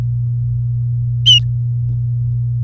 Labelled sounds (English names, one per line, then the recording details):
Domestic Canary song
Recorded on 4 May 2018 at 07:59
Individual llb16